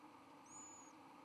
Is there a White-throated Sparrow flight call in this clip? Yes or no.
no